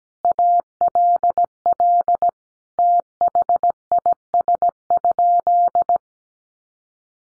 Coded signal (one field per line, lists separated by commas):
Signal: Morse code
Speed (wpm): 17 wpm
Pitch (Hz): 700 Hz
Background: none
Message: ALL THIS?